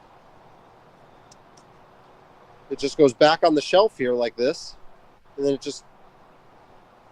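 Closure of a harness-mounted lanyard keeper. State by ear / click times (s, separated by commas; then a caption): not seated / none. A Teufelberger K1 lanyard keeper mounted on a harness is handled as the looped lanyard is laid back on the keeper's shelf, ready for its closure to be pushed back in. Two faint ticks come at about 1.3 and 1.6 seconds over low background noise, then someone talks from about 2.7 to 5.8 seconds. The closure has not clicked or seated yet.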